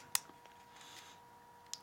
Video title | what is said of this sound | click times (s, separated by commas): Nokia C7 ♥ Screen Repair / Replace / Change a Broken LCD (TFT) or Touch Screen (Digitizer) | line that up and it should just click into place, that is that one | 0.2 s